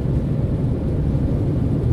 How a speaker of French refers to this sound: L'avion bondit en avant dans un rugissement assourdissant.